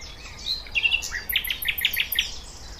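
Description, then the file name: Thrush nightingale giving a rapid series of repeated loud notes mixed with very high ticking sounds, forming a rhythmic, chopping phrase. "Sprosser"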